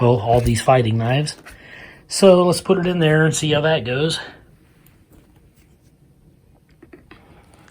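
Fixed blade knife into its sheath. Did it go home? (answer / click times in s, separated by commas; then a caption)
no / none. Someone talks for the first four seconds, then a Ka-Bar USSF fixed blade knife is lined up with its sheath and the blade is put in and slid down. Faint scraping and light taps come at about 4.9 s and between 6.8 and 7.7 s. Nothing has seated or clicked yet.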